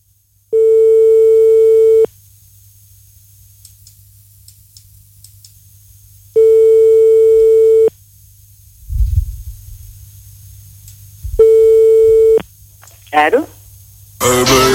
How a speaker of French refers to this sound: On compose le numéro de téléphone.